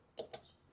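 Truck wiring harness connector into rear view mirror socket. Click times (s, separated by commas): 0.3 s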